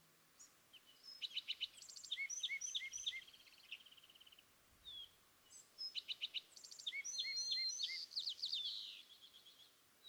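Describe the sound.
California thrasher in a long, rambling song of high, varied phrases, short repeated notes and squeaky trills, broken by one pause, with faint hiss behind.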